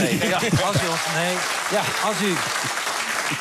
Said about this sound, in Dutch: En applaus.